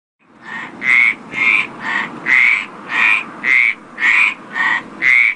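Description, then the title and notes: Frog chorus fades in, then rasping croaks pulse about twice a second. Frog chorus in a water ditch on La Gomera, in the field. "Frosch im Wassergraben - Gomera. Feld. Froschkonzert im Wassergraben"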